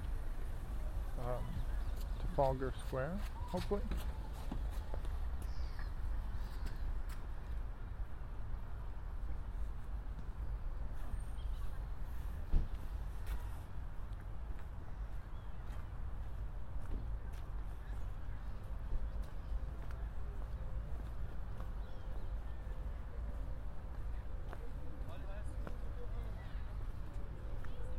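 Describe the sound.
A walk through Hyde Park toward the winter carnival, carried by a steady low rumble of city traffic. A voice speaks briefly in the first few seconds, faint clicks and steps recur throughout, and a sharp knock lands near the middle.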